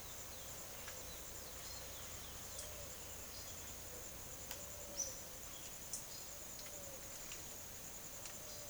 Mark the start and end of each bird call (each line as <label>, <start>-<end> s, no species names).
bird call, 0.00-0.69 s
bird call, 3.17-8.69 s